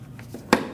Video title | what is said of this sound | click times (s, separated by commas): How to Replace Front Calipers 2020-2027 Toyota Corolla | Make sure it clicks in, and then reinstall the weather stripping. | 0.5 s